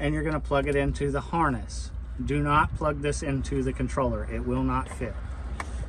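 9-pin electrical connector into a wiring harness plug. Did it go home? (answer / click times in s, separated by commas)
yes / 5.6 s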